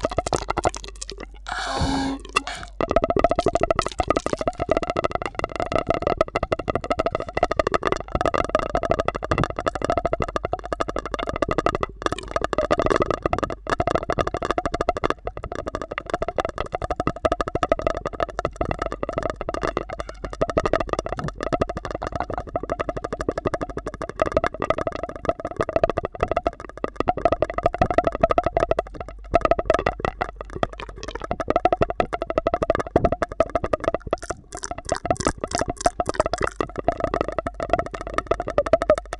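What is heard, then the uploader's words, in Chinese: Intense mouth sounds from two people: a dense, nonstop stream of wet clicks, smacks and pops at a steady, loud level throughout. A sharper bright burst comes near the start and crisp ticks around 34 seconds, over a faint low hum. 双人口腔音。双人效果口腔音（略暴力）。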